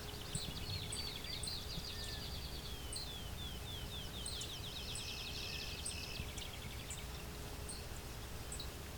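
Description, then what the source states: Clay-colored Sparrow buzzy song among fast trills, over steady high chips and a low background hum. One bird singing about 20 feet in front of the recordist, late June morning, hydro corridor near Westover, Ontario, open thicket of field and shrubs; low-pitched song hard to hear even up close.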